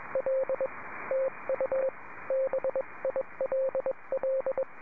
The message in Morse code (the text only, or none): L TU BILL